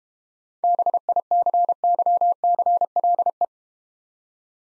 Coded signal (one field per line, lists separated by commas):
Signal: Morse code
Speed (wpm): 32 wpm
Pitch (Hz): 700 Hz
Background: none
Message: BICYCLE